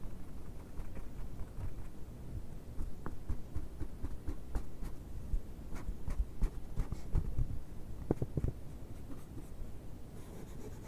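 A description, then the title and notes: A cardboard box is handled and scratched, with a low rumbling rub running throughout. Sharp scrapes and clicks come irregularly every second or so, clustering between four and nine seconds, and the sound eases into quieter rubbing near the end. ASMR BOX OPENING, BOX SCRATCHING NO TALKING.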